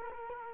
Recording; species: mosquito wingbeat signal from an infrared sensor; Culex quinquefasciatus